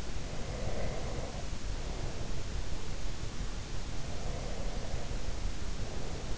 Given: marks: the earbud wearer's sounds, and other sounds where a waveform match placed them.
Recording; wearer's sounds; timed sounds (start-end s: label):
sounds in sleep by an in-ear microphone; breath
0.26-2.28 s: breath
4.06-6.37 s: breath